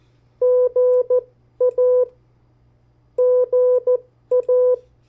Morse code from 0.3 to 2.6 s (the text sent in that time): GA